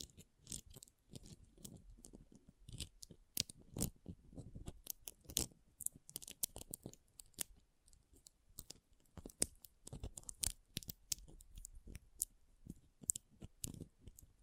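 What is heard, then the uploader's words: Pom pom tingles: a dense run of soft scratchy rustles and crisp little crackles, like fluffy fibers rubbed and squeezed. Short bursts come several times a second with no steady rhythm, some sharper snips and crunches standing out, while the background between them stays quiet. ASMR Ultimate Pom Pom Tingles (No Talking).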